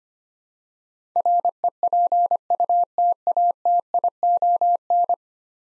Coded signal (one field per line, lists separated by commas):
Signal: Morse code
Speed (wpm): 25 wpm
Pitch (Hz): 700 Hz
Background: none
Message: REPUTATION